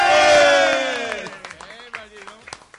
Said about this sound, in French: Mais la foule délire ce soir.